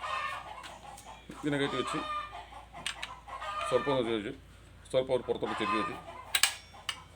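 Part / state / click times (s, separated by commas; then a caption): speargun shaft/band into the trigger lock mechanism / seated / 6.4 s. Someone talks while the shaft or rubber band of a lock-model speargun is fitted onto the gun, tilted slightly outward and pushed into the trigger lock mechanism. At 6.4 s the lock catches with a sharp mechanical click, and the shaft or band is seated and locked.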